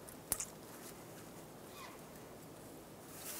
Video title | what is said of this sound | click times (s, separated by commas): How to Replace Downstream O2 Sensor 2007-2012 Nissan Altima | install the connector push it in until you hear a click and | 0.3 s